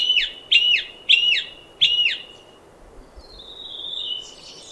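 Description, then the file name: Song thrush song: a short, clear downslurred phrase repeated four times in quick succession, then a thin, drawn-out whistle fading away. "Golosa ptic i zverei - Pevchii drozd"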